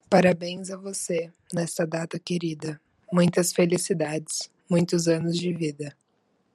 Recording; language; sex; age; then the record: short text; Brazilian Portuguese; female; 20 to 29 years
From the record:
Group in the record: control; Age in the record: 20 years